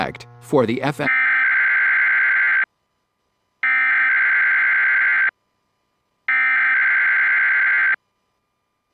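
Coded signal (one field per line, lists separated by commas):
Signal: Emergency Alert System (SAME) tones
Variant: header bursts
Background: speech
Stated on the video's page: Required Weekly Tests on NOAA weather radio station WXJ53, including KPL20 relays of WXJ53, KGG68 and KEC56.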